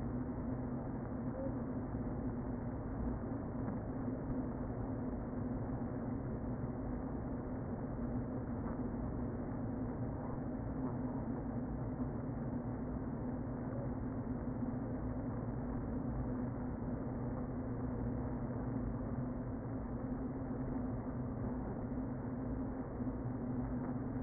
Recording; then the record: honeybee colony, microphone inside the hive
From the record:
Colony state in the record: queen present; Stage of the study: before two queens were removed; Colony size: about 60,000 bees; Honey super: yes